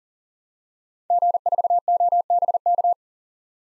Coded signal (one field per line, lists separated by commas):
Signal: Morse code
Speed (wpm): 40 wpm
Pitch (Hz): 700 Hz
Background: none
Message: G4OBK